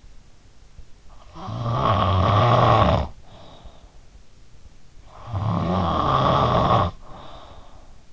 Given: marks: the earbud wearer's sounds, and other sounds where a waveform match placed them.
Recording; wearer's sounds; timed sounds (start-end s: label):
sounds in sleep by an in-ear microphone; snoring breath
1.36-3.96 s: snoring breath
5.16-8.12 s: snoring breath